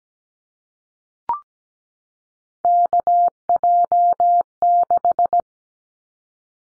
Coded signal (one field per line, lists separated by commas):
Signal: Morse code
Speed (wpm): 17 wpm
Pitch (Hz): 700 Hz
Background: none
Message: KJ6